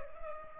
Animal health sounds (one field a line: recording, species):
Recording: mosquito wingbeat signal from an infrared sensor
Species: Culex pipiens